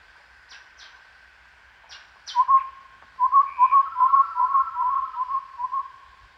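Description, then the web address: Chestnut-rumped babbler calls: a few brief high downslurred notes, then a long series of rapid, low, hollow piping notes with a faint steady higher tone above. Recorded at Danum on 1 April 2006. "DANUM 20060401. chestnut-rumped babbler"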